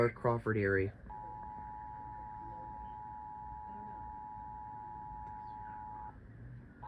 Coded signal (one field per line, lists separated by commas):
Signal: Emergency Alert System (SAME) tones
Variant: 853 and 960 Hz attention tone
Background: speech